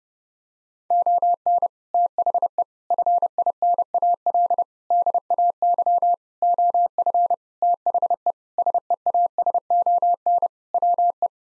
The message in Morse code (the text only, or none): ON THE FINAL DAY OF THE SEASON WE